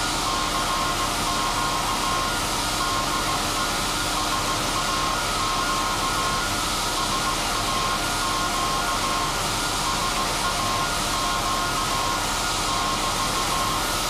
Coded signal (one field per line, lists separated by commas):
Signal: Morse code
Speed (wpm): 18 wpm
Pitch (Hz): 1070 Hz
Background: none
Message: CQ DE SAQ SAQ SAQ <BT>